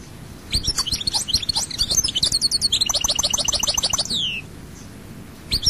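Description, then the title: European goldfinch song, one long, lively phrase of rapid chirps and rattling trills ending in a descending note. "Chant Chardonneret"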